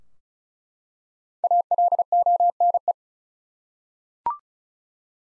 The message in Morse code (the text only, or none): ALONE